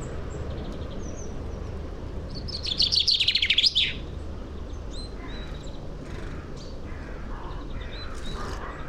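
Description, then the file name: Common chaffinch song: one rapid, bright trill lasting about a second and a half, over a steady low rumble with faint other chirps. "Fringilla coelebs"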